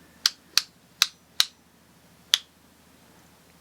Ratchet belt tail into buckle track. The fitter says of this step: hear it click or click along the track and that's